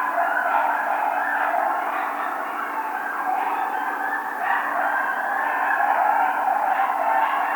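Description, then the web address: Coyotes howling in a dense chorus of overlapping, wavering calls that go on without a break. Howling; 1 February 2010. "Coyote 2010 02 01 17 howl"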